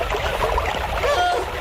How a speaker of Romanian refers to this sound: Aoleu! Aoleu! A năvălit apa!